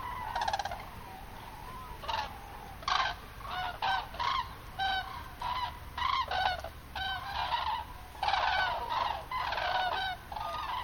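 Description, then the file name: Common crane bugling calls in separate loud bursts with short gaps. "grus grus"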